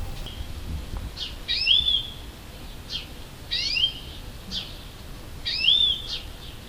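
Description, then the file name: European greenfinch calling three times with upslurred notes, interspersed with brief softer clicks, against low background noise. "Chloris chloris"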